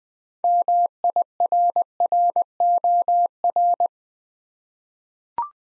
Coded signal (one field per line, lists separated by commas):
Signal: Morse code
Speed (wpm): 20 wpm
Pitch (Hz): 700 Hz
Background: none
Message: MIRROR